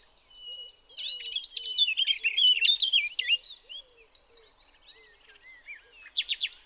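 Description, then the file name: Eurasian blackcap song: a loud fluty warble of looping whistles, then softer phrases, with low cooing notes repeating underneath and a brief chatter at the end. "Sylvia atricapilla"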